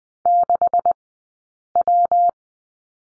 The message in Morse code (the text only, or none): 6W